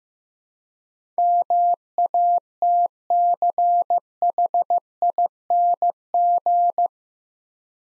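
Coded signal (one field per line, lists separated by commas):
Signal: Morse code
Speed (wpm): 15 wpm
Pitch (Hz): 700 Hz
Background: none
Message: MATCHING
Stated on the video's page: Morse practice at 15 wpm building 8-letter words two letters at a time, for instant character recognition training.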